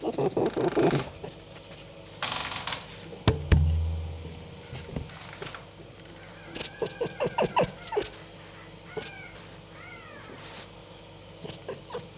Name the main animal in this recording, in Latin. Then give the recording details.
Vulpes vulpes. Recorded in captivity. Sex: diverse. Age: diverse. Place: Zoologisches Institut der HUB, Berlin, DE. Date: 1956-05-04 13:30. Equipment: Elmetra. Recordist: Tembrock, Günter. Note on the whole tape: Molly-Welpen: Männchen (im Raum): Quärren, Tremolo; Jupp: Muffen ohne Fleisch bei Anblick eines Welpen; Molly: Muffen ohne Fleisch bei Anblick eines Welpen; Molly-Welpe (Weibchen): Quärren